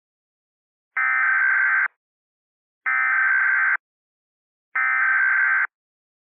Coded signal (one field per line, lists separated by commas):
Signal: Emergency Alert System (SAME) tones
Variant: header bursts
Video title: EAS Scenario - Long Valley Eruption Remastered